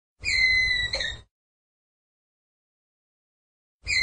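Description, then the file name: Ground squirrel giving a single loud, even, whistled call lasting about a second, followed by silence, with the start of another call at the end. "Tieng soc dat keu"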